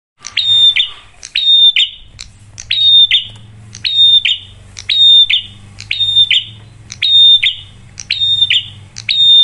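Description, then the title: Bar-winged prinia song: many repeated phrases, each a clicking start and a ringing whistled tone, over a low background hum. Duet of two prinia song styles, cililin and kapas tembak; loud, clear singing used as a lure to make other birds sing. "Masteran Duet Cililin Vs Kapas Tembak. Pancingan Prenjak Gacor Suara Jernih, Bikin yang Lain ikut Bunyi"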